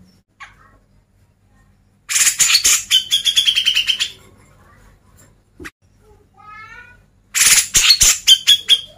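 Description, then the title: Grey-cheeked bulbul song: a rasping burst that turns into a fast pulsed trill, a quiet run of soft stepped notes, then another harsh burst and trill. Masteran, a training recording played to caged birds. "MASTERAN CUCAK JENGGOT"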